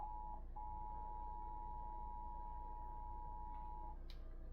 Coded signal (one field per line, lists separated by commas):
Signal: Emergency Alert System (SAME) tones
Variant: 853 and 960 Hz attention tone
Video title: Eas svr Eas#649- 650)